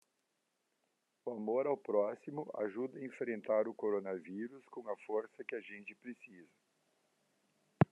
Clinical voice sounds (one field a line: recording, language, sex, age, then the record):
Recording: spoken sentence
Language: Brazilian Portuguese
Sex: male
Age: 60 to 69 years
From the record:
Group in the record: control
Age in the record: 60 years